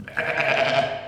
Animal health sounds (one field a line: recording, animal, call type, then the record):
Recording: contact call of a hoofed animal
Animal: sheep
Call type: low-frequency (closed-mouth) or high-frequency (open-mouth) call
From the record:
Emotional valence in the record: negative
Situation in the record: short social isolation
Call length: 1.08 s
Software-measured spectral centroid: 2070 Hz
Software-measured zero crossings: 2470 a second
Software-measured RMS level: -23 dBFS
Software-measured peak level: -7 dBFS